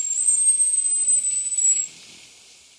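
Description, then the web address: Barred Fruiteater song: a single sustained, very high, thin whistle lasting nearly two seconds, steady in pitch before stopping. Recorded in Ecuador. "Birds of Ecuador 3. Barred Fruiteater"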